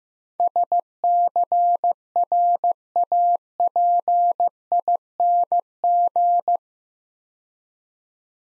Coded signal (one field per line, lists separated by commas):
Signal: Morse code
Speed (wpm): 16 wpm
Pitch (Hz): 700 Hz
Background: none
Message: SCRAPING